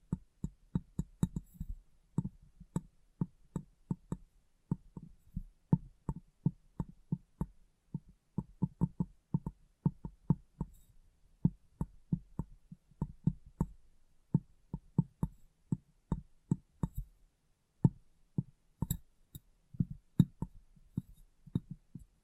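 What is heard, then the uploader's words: Glass brain tapping and cleaning: a quick, irregular run of sharp taps and knocks, often in small bursts of two or three, with brief pauses between. Each tap is short and mostly low to middle in tone, with occasional faint bright clicks. ASMR Glass Brain Tapping & Cleaning (No Talking).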